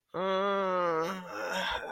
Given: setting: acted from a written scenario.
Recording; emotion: vocal sound without words; pain